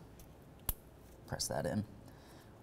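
A plastic wiring harness electrical connector is pressed onto a fuel injector on a 2006-2011 Honda Civic, giving a sharp click at 0.7 s as it seats. Someone talks shortly afterward.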